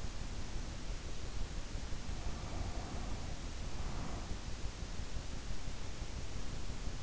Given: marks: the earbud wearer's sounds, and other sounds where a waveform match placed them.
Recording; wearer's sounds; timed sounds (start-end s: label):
sounds in sleep by an in-ear microphone; breath
2.18-4.39 s: breath